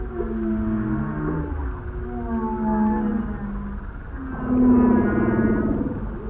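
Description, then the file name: Whale song: long, low, tonal moans with rich overtones, some sliding up, others held level, overlapping one another and swelling louder near the end. "whales sample"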